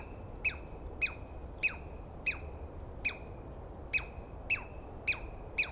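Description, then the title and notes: Douglas squirrel calling: sharp descending chirps repeated about every half second, with a high trill early on. Douglas pine squirrel screaming for a long while at dawn, morning of 21 April 2017, East Cascades; identified by sound, not clearly seen. "On the morning of 21 April, 2017, I set up my microphones and recorder for a nice dawn recording in the East Cascades. I was started awake by a screaming Douglas Pine Squirrel."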